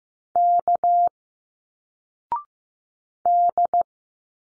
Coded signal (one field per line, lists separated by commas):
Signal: Morse code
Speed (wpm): 15 wpm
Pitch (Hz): 700 Hz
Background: none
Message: K D